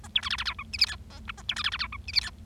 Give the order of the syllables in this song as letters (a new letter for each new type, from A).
A B C D D E F G H I J K A B C D D E F G H I